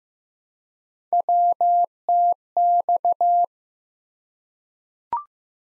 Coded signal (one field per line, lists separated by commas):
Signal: Morse code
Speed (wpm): 15 wpm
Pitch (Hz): 700 Hz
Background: none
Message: WTX